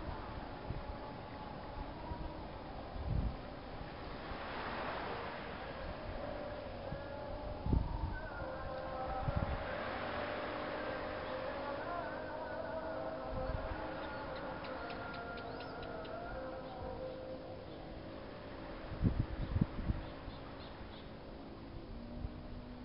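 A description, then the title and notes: An evening call to prayer drifts softly over slow, rolling surf, its long wavering notes holding steady through the clip. Waves swell and wash in about every five seconds, with a few low thumps near the start and around twenty seconds, over a constant low rumble. The Muslim evening call to prayer floats softly over the sounds of the slowly rolling surf on the north side of the island of Nusa Penida, just southeast of the island of Bali, Indonesia.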